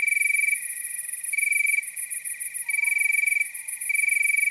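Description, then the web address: Cricket chirping in loud high trilled bursts of about half a second to a second, with brief pauses, and a faint whistled tone in the background. Nocturnal wasteland soundscape at night. "Nature Chill Out 2014. Toads, Nighthawks and Crickets"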